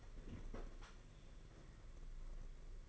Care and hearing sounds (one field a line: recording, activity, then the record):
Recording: daily activity, microphone in the room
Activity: open fridge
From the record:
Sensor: 4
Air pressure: 992.7 hPa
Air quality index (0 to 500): 167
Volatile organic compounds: 225 ppm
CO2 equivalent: 4292 ppm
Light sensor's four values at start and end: 20/67/25/26 and 19/67/25/25